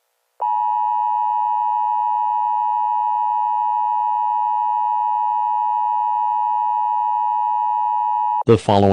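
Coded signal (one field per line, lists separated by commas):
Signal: Emergency Alert System (SAME) tones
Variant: 853 and 960 Hz attention tone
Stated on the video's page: Made-up, not real EAS scenario about a gangster attack.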